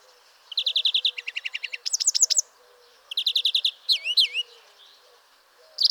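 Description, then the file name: European greenfinch singing fast repeated trill notes in quick series, followed by sharp downward notes, a pause, another trill and two swooping whistles, then a pause before another trill begins. "Chloris chloris"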